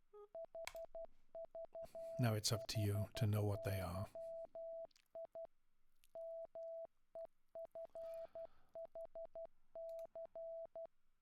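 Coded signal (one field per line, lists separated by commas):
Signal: Morse code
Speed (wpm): 12 wpm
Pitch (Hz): 660 Hz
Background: speech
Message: HVHYI MEFHC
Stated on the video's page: Morse generated by a Windows 10 PC program from typed input, with selectable tone frequency, words per minute, inter-digit pause and inter-group pause.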